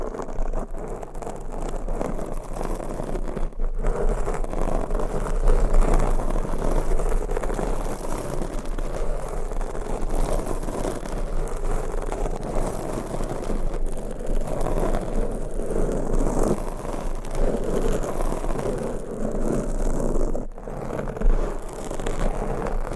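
Scratching and rubbing on a microphone makes a dense, rough rumble that runs through nearly the whole clip, heaviest in the low and middle range. The noise stays fairly steady, with brief sudden breaks near 3.5 and 20.5 seconds.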